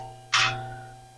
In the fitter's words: There's the click.